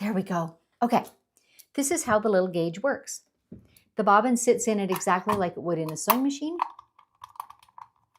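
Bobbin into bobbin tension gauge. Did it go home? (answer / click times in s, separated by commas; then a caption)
yes / 7.4 s. A metal bobbin is seated into a small bobbin tension gauge, sitting the way it would in a sewing machine, while someone talks. After the talk stops, a run of small, sharp clicks comes from about 7.0 to 7.8 seconds, and the bobbin snaps into place at 7.4 seconds. It is then firmly fixed and cannot be turned.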